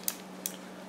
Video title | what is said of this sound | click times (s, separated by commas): How to record through fat shark goggles (DVR) | push it until it clicks and then you know it's in properly | 0.1 s